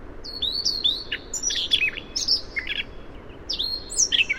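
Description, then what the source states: Siberian rubythroat giving a fast, scratchy warble of high slurred whistles and clipped notes, varied and continuous with short gaps, faint hiss behind. Variation.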